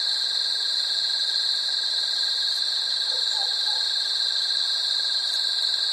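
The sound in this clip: Cricket trilling: a continuous high, even, shimmering trill that holds steady throughout.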